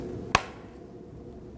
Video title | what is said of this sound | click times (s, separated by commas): How to Replace Puddle Light Lens 2001-2009 Volvo S60 | Once you hear that audibly click into place, now go ahead and put your mirror back. | 0.3 s